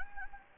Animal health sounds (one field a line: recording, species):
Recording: mosquito wingbeat signal from an infrared sensor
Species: Anopheles gambiae